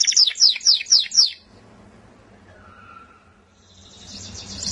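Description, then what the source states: Canary song: a short burst of rapid descending high notes, a quiet gap with faint hiss, then a new trill begins at the end. Champion-grade singing canary.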